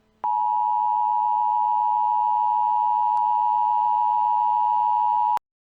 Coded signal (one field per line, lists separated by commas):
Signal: Emergency Alert System (SAME) tones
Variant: 853 and 960 Hz attention tone